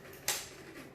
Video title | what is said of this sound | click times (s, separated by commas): Homemade Chocolate Milk for KIDS | Did you hear that click? | 0.3 s